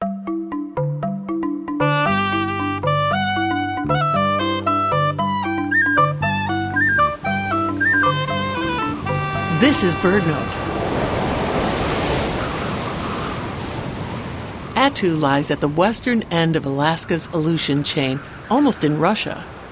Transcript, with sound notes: This is BirdNote! [Wind sounds and waves crashing on a shore] Attu lies at the western end of Alaska’s Aleutian chain, almost in Russia.